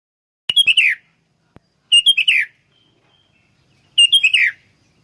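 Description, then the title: Sooty-headed bulbul song: three short bubbly, warbling phrases of quick liquid notes, each under a second, about two seconds apart, with quiet pauses between. "kutilang"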